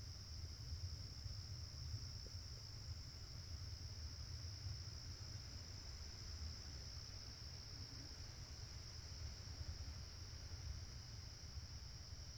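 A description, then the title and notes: A sphynx moth hovers with a steady, low fluttering hum, while a constant high insect whine runs unbroken through the background. Sphynx Moth on Petunias. A sphynx moth in late August, recorded in Minnesota.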